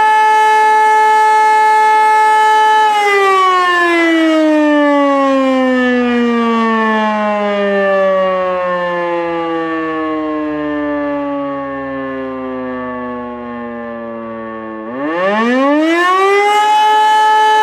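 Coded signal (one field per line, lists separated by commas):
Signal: siren signal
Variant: E57 electromechanical siren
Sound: loud steady siren wail winding down slowly, then starting to rise again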